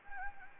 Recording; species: mosquito wingbeat signal from an infrared sensor; Anopheles gambiae